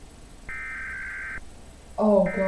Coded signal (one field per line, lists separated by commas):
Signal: Emergency Alert System (SAME) tones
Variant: header bursts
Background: speech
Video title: Galaxy Gamer reacts to EAS alarms